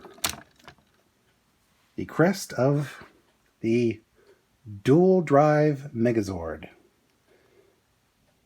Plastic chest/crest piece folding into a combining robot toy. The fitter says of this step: finally you fold up and lock into place the